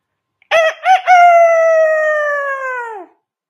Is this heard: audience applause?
no